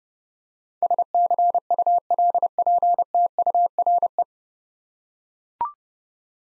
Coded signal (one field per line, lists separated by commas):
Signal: Morse code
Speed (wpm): 30 wpm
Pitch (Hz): 700 Hz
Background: none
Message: SCULPTURE